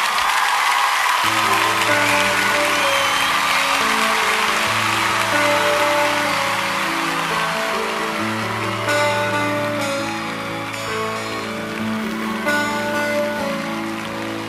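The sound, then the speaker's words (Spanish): A crowd applauds loudly and steadily at a live concert for an invited guest artist, the dense clapping filling the whole stretch while low sustained musical chords start up beneath it after about a second. “Quiero pedir un aplauso a otro amigo invitado, un gran artista”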